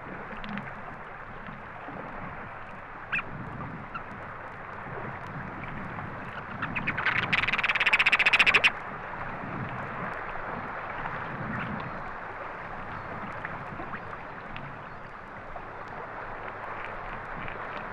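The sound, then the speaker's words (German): A shorebird flock that feeds on heaps of seaweed keeps up a steady, dense chatter of clicking, muffled calls and typical staccato trills, broken midway by a brief, louder rushing burst, the flock taking off, before the murmur settles again. “In der folgenden Aufnahme hören wir deutlich das Klicken, daneben gedämpfte Rufe und den typischen stackierten Triller.”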